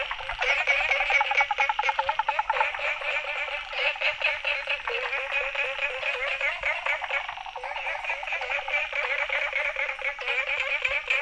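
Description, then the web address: Frogs croaking in a dense chorus, rapid pulsed, rattling calls overlapping continuously without pause. Recorded 19 May 2018, between 18:00 and 20:00. "frog rec 18-20 20180519"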